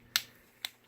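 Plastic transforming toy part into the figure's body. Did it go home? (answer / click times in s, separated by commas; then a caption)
yes / 0.2 s. A plastic part of a Transformers Titans Return Deluxe Chromedome figure is brought down and snaps into position in the figure's body. A sharp snap is heard at 0.2 s, when the part clicks into place, followed by a second, softer click at 0.7 s.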